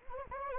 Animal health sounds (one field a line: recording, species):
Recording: mosquito wingbeat signal from an infrared sensor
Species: Anopheles arabiensis